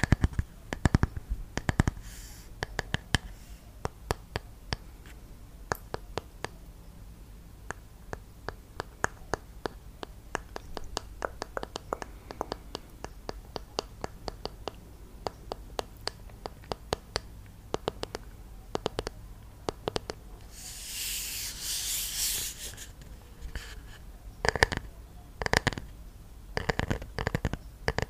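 Close, crisp ASMR tapping and clicking, steady through the clip, with a brief hissy rustle near 21 seconds and louder taps after.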